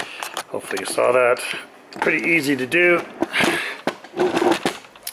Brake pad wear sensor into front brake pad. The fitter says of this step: and try and get you in so you can see it and then you just push it in it snaps in place uh